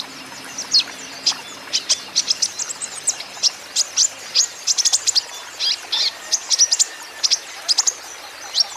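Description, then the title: Van Hasselt's sunbird giving a lively sequence of sharp, high-pitched tweets and slurred chips, grouped in quick irregular bursts. Green-plumaged (ijoan) bird singing actively (gacor); song used as a lure and therapy to prompt caged Van Hasselt's sunbirds to sing in reply. "KOLIBRI NINJA KONIN IJOAN GACOR COCOK UNTUK PANCINGAN TERAPI KONIN BAHAN PASTI NYAUT"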